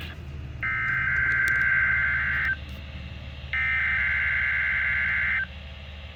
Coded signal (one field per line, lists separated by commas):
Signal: Emergency Alert System (SAME) tones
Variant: header bursts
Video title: late KDO89 Required Weekly Test. 7/15/26 EAS #696